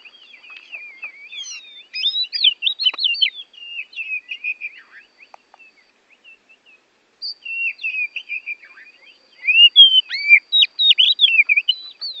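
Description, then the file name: Oriental magpie-robin song of rich whistled phrases and twittering notes, a quiet gap in the middle, then loud bright slurred whistles resume. Bornean form, used for training songbirds. "kacer borneo"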